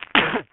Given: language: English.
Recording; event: throat vibration sensor signal played as sound; cough